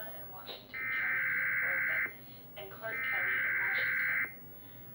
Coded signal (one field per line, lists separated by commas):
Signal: Emergency Alert System (SAME) tones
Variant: header bursts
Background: speech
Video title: EAS #91 - Mar 2025 Required Monthly Test